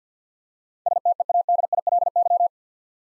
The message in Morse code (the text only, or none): STEADILY